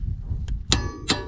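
A torque wrench set to 108 Nm is pulled on the upper front caliper mounting bracket bolt of a Civic EK3 during a front disc and pad replacement. Sharp metallic clangs are heard at about 0.5 s and 1.1 s over a low rumble. The wrench clicks at 0.7 s, confirming the bolt has reached its torque setting.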